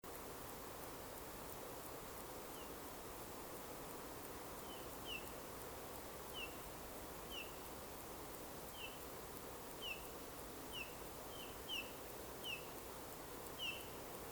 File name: Pyrrhula pyrrhula